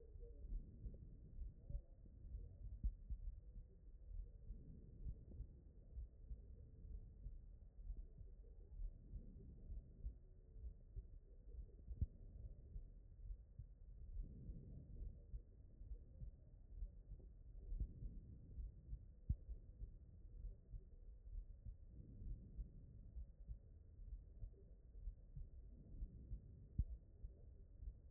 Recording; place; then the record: heart sounds by stethoscope; aortic valve (AV)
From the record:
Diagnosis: non-HFrEF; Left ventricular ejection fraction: 59%